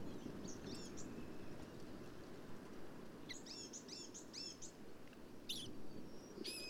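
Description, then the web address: Black-capped vireo song, a burst of several quick chattering, slurred phrases mid-way, then sharp notes near the end, over steady low hum. "birdsongforthecurious Black-capped Vireo"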